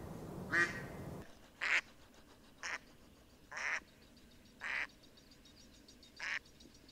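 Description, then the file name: Mallard quacks: six harsh calls about once a second, the first partly masked by a burst of noise. "mallard duck sound"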